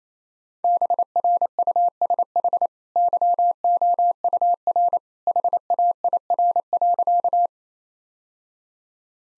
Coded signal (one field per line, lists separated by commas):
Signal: Morse code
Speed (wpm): 28 wpm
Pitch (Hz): 700 Hz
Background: none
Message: BRUSH YOUR HAIR.